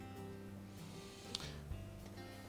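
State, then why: Seated. A wire harness connector is pushed back onto a KitchenAid dishwasher water inlet valve and snaps into place with its small locking tab engaging. Over steady background music, one sharp, short click sounds at 1.4 s, and the connector is seated.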